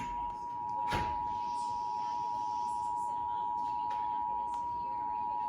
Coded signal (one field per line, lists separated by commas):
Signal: Emergency Alert System (SAME) tones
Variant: 853 and 960 Hz attention tone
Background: speech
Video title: This is Not Slight (EAS# 100-120) [Re-Uploaded]